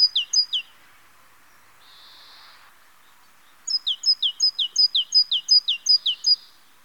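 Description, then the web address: Great tit song of rhythmic two-note phrases, a brief rushing noise breaking the series before the bright high-low pattern resumes and repeats steadily. "chant Mesange charbonniere"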